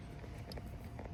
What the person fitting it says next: Plug it in just like so. You hear it snap.